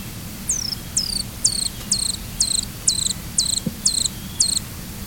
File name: copper rumped hummingbird